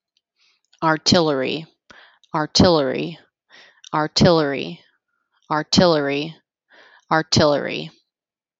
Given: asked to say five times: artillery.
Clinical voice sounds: repeated word; female; 30 to 39 years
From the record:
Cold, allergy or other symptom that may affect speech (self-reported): no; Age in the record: 32 years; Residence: Virginia, United States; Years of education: 16

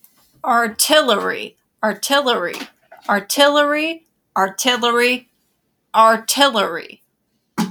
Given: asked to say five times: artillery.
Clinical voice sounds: repeated word; female; 40 to 49 years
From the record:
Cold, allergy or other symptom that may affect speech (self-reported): no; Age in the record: 46 years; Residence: Utah, United States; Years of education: 17

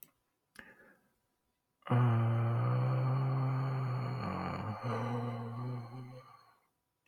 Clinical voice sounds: vowel held as long as possible; male; 40 to 49 years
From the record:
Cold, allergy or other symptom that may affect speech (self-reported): no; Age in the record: 49 years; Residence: Colorado, United States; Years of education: 14

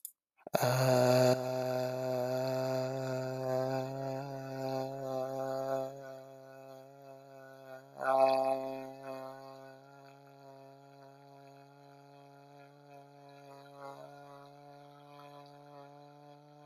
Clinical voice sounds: vowel held as long as possible; male; 20 to 29 years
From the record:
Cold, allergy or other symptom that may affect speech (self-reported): no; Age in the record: 20 years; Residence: Rhode Island, United States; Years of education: 13

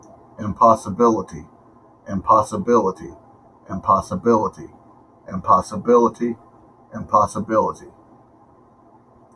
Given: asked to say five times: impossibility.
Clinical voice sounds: repeated word; male; 40 to 49 years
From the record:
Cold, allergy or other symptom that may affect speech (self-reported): no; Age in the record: 46 years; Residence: Georgia, United States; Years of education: 13

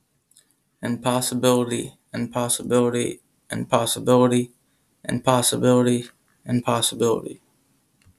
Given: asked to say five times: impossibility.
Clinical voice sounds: repeated word; male; 30 to 39 years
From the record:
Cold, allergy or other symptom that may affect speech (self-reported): no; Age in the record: 33 years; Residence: United States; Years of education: 12

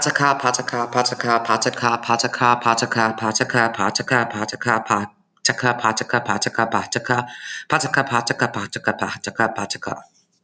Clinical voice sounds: repeated syllables /pa ta ka/; female; 40 to 49 years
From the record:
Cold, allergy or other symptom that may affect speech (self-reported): no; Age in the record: 42 years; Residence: Florida, United States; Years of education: 16

